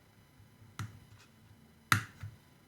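A camera image ribbon cable plug on a Hubsan Zino drone is wiggled into place and pushed onto the drone's main board connector. A smaller tick comes at 0.8 s, then a sharp, louder click at 1.9 s as the plug seats, followed by a faint after-tick. The connector is confirmed seated.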